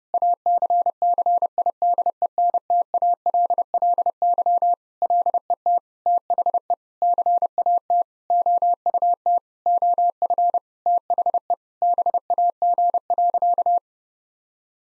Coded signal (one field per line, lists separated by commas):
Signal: Morse code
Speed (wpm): 30 wpm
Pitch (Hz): 700 Hz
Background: none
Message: ACCIDENTALLY LET THE CAT OUT OF THE BAG.